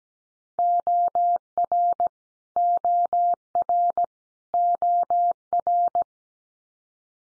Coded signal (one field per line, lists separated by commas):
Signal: Morse code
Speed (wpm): 17 wpm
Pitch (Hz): 700 Hz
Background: none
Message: OR OR OR